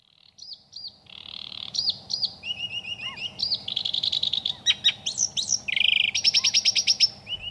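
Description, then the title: Sedge Warbler song: a rapid, varied run of chattering, churring and whistled notes, building into fast buzzy trills and a repeated ticking phrase near the end. Bird of reedy shores in spring and summer; sings openly from reed tips, often rising straight up in a song flight. "Viikon luontoääni: Ruokokerttunen"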